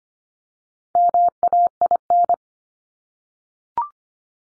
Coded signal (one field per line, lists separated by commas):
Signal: Morse code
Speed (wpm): 25 wpm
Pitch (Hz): 700 Hz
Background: none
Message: MAIN